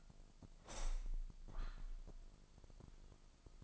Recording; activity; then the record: daily activity, microphone in the room; open window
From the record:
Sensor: 5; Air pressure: 1004.8 hPa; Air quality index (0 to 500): 81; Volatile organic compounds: 1 ppm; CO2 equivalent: 970 ppm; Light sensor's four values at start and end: 33/76/30/29 and 33/76/30/29